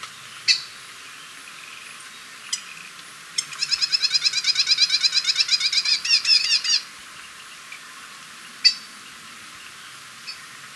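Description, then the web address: Grass-green tanager: a few sharp, isolated call notes spaced apart, then a rapid rattling chatter lasting about three seconds, followed by another single sharp note. Recorded in Ecuador. "Birds of Ecuador. Grass-green Tanager"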